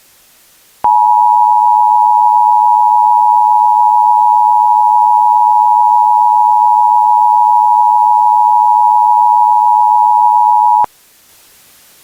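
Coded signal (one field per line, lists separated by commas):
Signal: Emergency Alert System (SAME) tones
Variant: 853 and 960 Hz attention tone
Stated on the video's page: Fictional EAS scenario made for Halloween, not a real alert.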